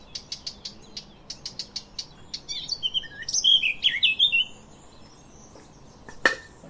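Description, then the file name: Eurasian blackcap giving a string of dry, clicking tacks, then a short twittering warble, and finally one sharp click. "Sylvia atricapilla"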